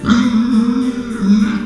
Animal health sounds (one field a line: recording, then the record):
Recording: squeal of a Yucatan mini pig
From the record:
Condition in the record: after surgery on the right vocal fold (resection and tissue-engineered implant)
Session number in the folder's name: 13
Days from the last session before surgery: 113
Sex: female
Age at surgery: 19 weeks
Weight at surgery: 25 kg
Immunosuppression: prednisolone